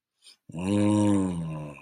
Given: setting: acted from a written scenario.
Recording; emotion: vocal sound without words; desire